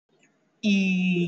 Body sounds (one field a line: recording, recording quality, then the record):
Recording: sustained vowel as in beet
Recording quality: excellent, no background noise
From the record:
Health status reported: healthy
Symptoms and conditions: none ticked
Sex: male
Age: 20 years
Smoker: not ticked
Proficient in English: yes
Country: India